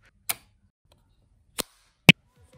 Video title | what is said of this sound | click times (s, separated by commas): EDIFIER TWS 2 - Airpod Killer? (BM) - English Subtitles Available | the earbud utilized magnet So each time you put it in its case It will snapped into place like so | 0.3 s, 1.6 s